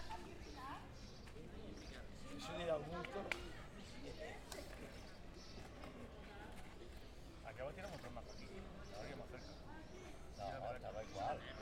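People talk over a busy room where three-cushion billiards is played, with sharp clicks near three seconds and steady chatter throughout.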